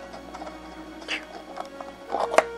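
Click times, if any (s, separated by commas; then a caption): 2.4 s. A removable plastic aeroshuttle bay section is pulled free from the hull of an Intrepid-class USS Odysseus NCC-1978-A starship scale model. Over quiet background music, a few small handling taps lead to a sharp pop at 2.4 s as the part comes right out.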